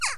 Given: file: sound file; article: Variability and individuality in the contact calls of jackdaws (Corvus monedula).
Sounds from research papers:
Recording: jackdaw call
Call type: noisy

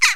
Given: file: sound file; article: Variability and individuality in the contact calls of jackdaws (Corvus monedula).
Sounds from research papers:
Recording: jackdaw call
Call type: harmonic

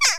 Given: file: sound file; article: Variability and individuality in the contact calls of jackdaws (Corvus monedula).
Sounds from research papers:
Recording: jackdaw call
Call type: harmonic

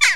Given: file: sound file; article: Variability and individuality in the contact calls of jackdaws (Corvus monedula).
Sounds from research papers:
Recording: jackdaw call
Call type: harmonic

